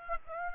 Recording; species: mosquito wingbeat signal from an infrared sensor; Aedes aegypti